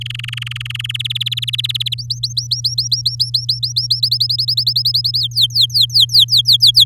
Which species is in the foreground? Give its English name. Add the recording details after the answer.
Domestic Canary. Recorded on 8 May 2018 at 10:44. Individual llb16